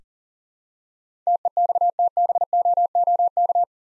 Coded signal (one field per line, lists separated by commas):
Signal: Morse code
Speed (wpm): 39 wpm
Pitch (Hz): 700 Hz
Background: none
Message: TEXTBOOK